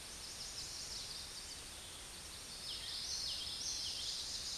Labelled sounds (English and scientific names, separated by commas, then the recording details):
Common Yellowthroat (Geothlypis trichas) song
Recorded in a Pennsylvania forest on 16 May 2024 at 09:56
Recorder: AudioMoth, point MSD-2304
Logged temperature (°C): 16.0 °C
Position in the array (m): 230 m, 181 m